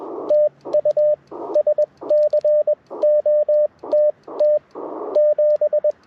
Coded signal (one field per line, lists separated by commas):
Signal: Morse code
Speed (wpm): 20 wpm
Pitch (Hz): 590 Hz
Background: radio noise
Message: TU SCOTT 7